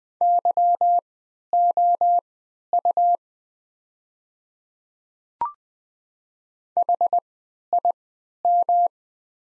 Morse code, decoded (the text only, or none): YOU HIM